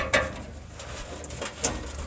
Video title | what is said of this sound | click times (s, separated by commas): 2006 Ford E-350 Fuel Pump Replacement Ep.2 | hear it click yep yep so that's that | 1.7 s